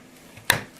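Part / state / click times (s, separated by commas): memory module into motherboard DIMM slot / seated / 0.5 s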